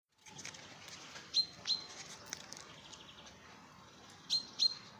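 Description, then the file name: Common chaffinch calls: short, sharp high notes given in pairs, one pair early and another about three seconds later, over a faint steady background hiss. "Fringilla coelebs"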